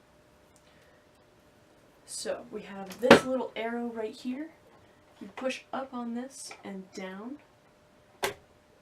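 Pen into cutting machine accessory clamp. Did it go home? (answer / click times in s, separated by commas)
yes / 8.2 s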